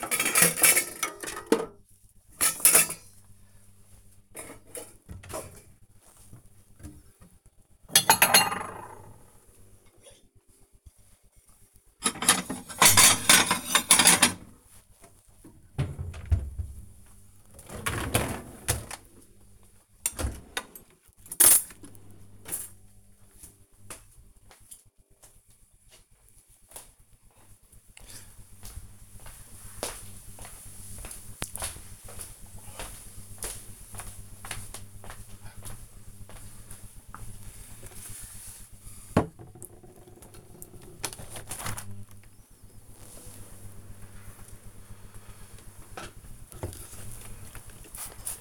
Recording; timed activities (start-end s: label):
household activities, microphone on the right wrist
0.00-20.04 s: cleaning out the dishwasher
41.19-48.41 s: window cleaning